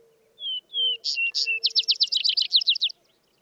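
Vesper sparrow song opening with two slurred whistles, then brighter burry notes and a rapid rattling trill lasting about a second, over a low steady hum.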